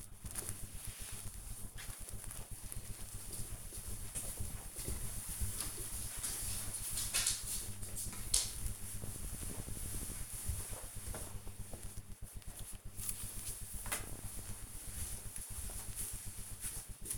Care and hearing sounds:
household activities, microphone on the right wrist
none

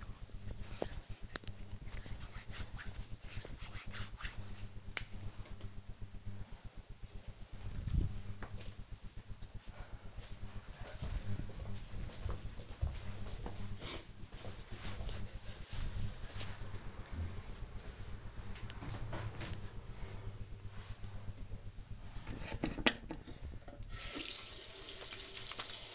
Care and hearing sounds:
household activities, microphone on the right wrist
0.00-5.07 s: cream hands
21.19-25.95 s: washing hands

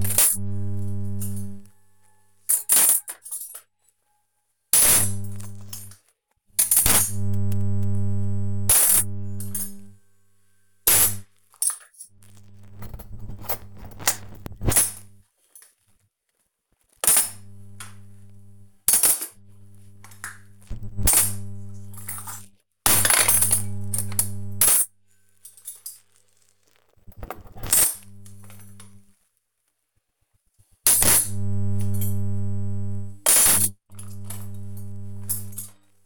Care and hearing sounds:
household activities, microphone on the right wrist
0.00-36.05 s: cleaning out the dishwasher

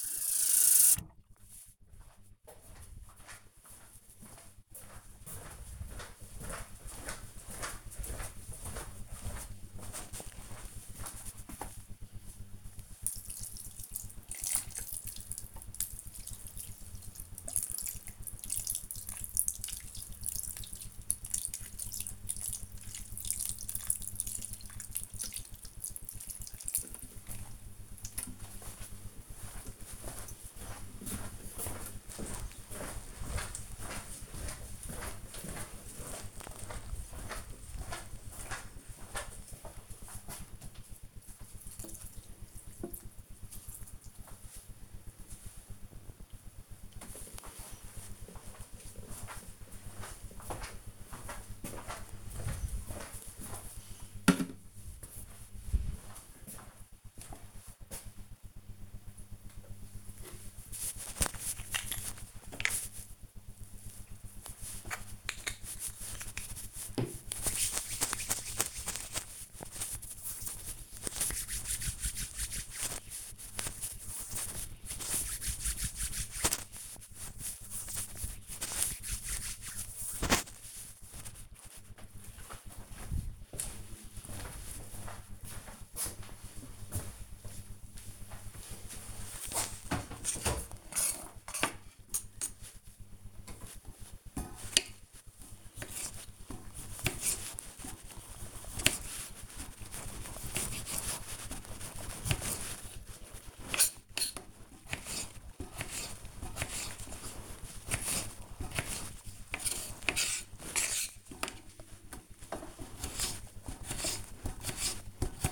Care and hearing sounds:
household activities, microphone on the right wrist
0.00-46.62 s: watering plant
59.68-79.76 s: cream hands
92.84-115.52 s: cutting vegetables

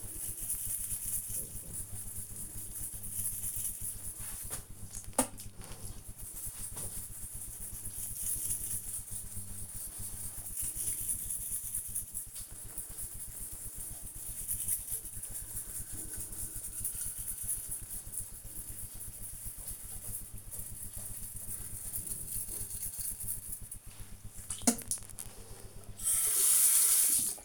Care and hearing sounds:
household activities, microphone on the right wrist
0.00-27.45 s: brushing teeth

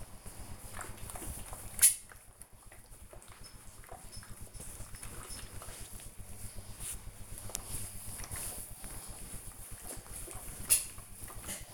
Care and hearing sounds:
household activities, microphone on the right wrist
0.00-11.74 s: ironing laundry

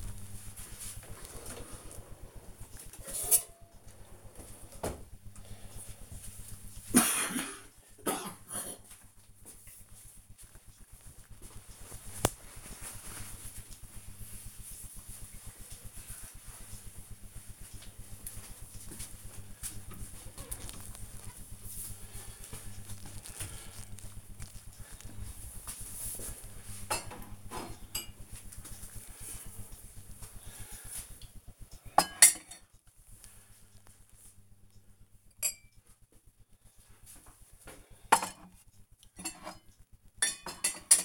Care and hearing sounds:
household activities, microphone on the right wrist
19.17-41.05 s: putting away the dishes

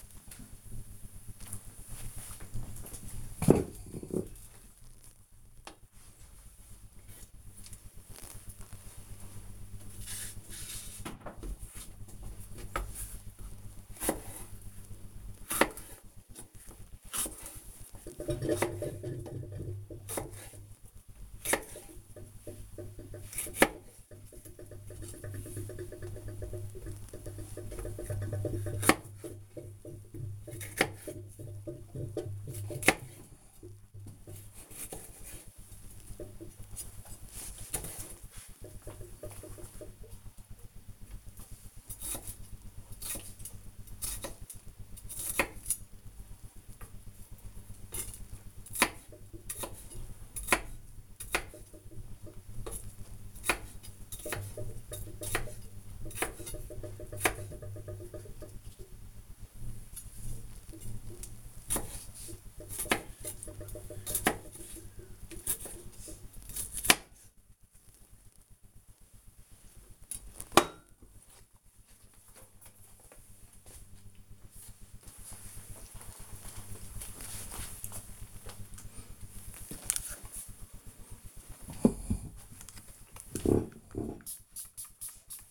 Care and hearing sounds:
household activities, microphone on the right wrist
6.96-69.49 s: cutting vegetables
82.58-85.51 s: cleaning table

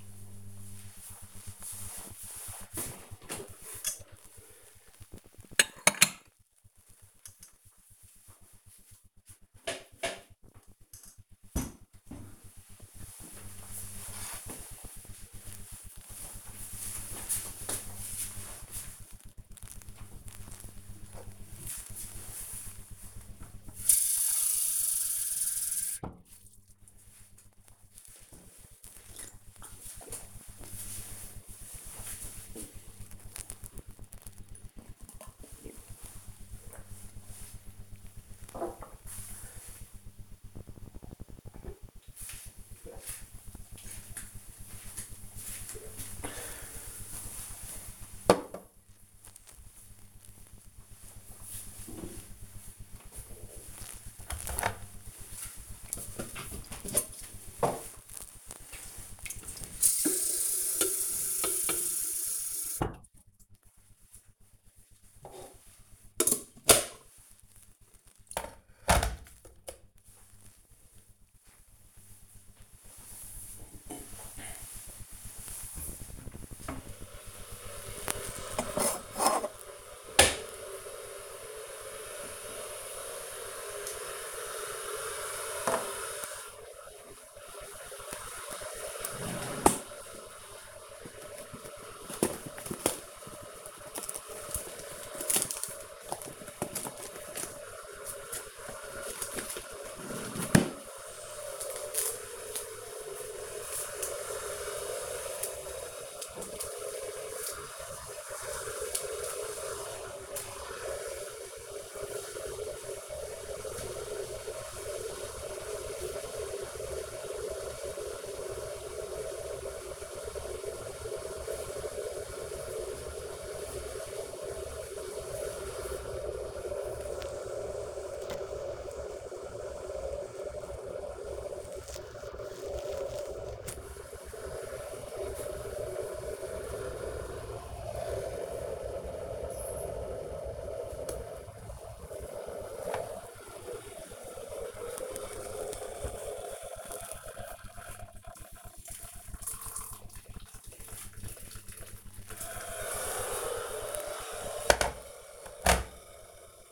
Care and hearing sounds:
household activities, microphone on the right wrist
0.00-11.46 s: putting away the dishes
19.52-46.71 s: drinking
52.75-156.72 s: making tea

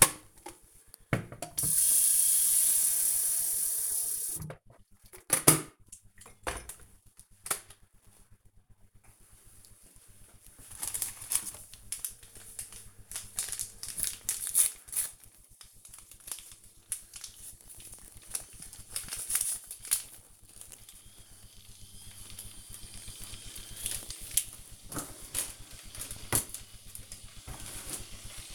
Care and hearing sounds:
household activities, microphone on the right wrist
0.00-28.55 s: making tea

